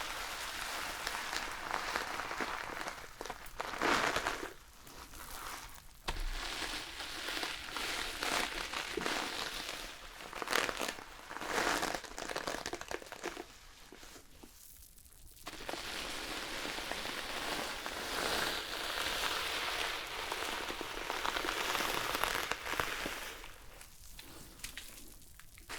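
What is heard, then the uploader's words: Shampoo lathering: a dense, wet crackle and fizz, like rain pattering on a surface, swelling and easing as the hands move. It briefly thins out around five seconds and again near fifteen before picking back up, busier and brighter toward the end. ASMR Relaxing Shampoo and Hair brushing ｜NO TALKING.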